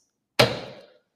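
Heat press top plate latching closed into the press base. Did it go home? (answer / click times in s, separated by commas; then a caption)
yes / 0.4 s. After its pressure knob is adjusted, the top plate of a HappyPress 4 manual heat press is closed down onto the press base. At 0.4 s it clicks into its locked closed position with a sudden, solid thunk that rings and fades over about half a second. The lid is seated and latched in place.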